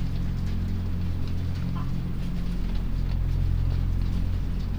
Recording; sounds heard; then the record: poultry house recording; sick chickens (respiratory disease)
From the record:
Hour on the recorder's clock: 23